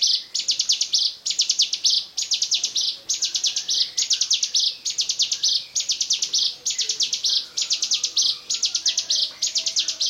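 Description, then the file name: Bar-winged prinia, bright rattling song phrases in steady succession, each a quick series of high pulses, barely pausing between them. "ciblekmonster"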